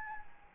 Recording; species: mosquito wingbeat signal from an infrared sensor; Anopheles gambiae